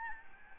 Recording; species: mosquito wingbeat signal from an infrared sensor; Aedes albopictus